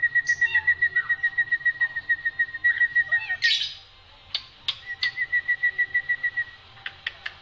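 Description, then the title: Black-winged myna song with a steady rapid trill of identical whistled pips, pausing midway for a harsh note and clicks, then resuming the trill. Dense, non-stop song with many variations, used as a tutor recording for training songbirds. "Kicauan Rapat Jalak Putih Gacor Banyak Variasi Untuk Masteran"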